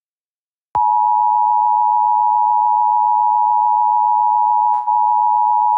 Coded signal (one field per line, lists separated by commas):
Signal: Emergency Alert System (SAME) tones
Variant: 853 and 960 Hz attention tone